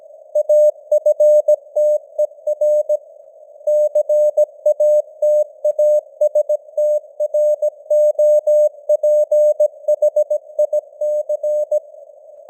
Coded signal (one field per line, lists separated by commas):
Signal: Morse code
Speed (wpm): 17 wpm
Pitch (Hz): 600 Hz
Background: none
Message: AFTER CATASTROPHIC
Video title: Morse Code News | 2025-10-16 | 17wpm